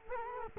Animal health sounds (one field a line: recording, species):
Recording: mosquito wingbeat signal from an infrared sensor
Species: Culex quinquefasciatus